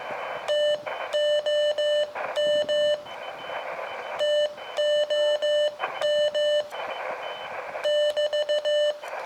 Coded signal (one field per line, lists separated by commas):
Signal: Morse code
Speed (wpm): 15 wpm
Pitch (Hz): 600 Hz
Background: none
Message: TOM TOM <BT>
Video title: Dayton Hamvention 2017 My Adventure Experience Video 1 of 2